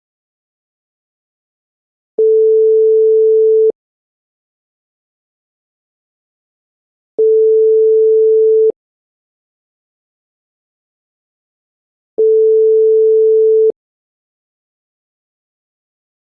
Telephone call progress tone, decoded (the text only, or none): ringback tone